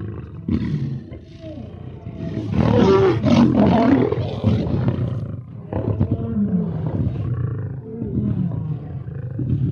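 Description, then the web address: Lion roaring and growling, deep rumbling bursts, loudest in the middle, continuing in uneven waves throughout. "big cats|lions"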